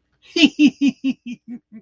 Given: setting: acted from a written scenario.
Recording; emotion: vocal sound without words; amusement